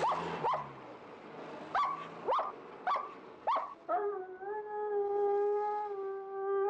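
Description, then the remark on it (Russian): A dog, Mukhtar, barks in short, sharp bursts, five or six yelps in an uneven rhythm, then breaks into a long, steady, high-pitched whining howl that holds to the end, as it rushes to the wire mesh of its enclosure and stands on its hind legs with front paws against it. No one speaks. “Мухтар бросается к сетке. Встав на задние лапы, опирается об нее передними.”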